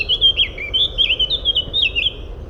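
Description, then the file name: Eurasian blackcap delivering a steady stream of smooth fluty whistles with quick twisting inflections, loud and clear against a low hum. "Sylvia atricapilla"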